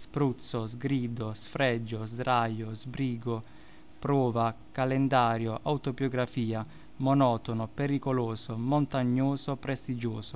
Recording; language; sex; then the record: read list of words; Italian; male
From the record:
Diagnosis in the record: healthy control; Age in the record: 29 years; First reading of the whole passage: 42 s, 12.4 characters per second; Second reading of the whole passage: 42 s, 12.2 characters per second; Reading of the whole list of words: 38 s, 7.3 characters per second